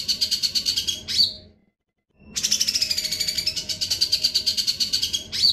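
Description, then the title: Grey-cheeked bulbul giving rapid buzzy chattering phrases of fast pulses, broken by a short silence. Training recording (masteran) of the bird's song. "MASTERAN CUCAK JENGGOT"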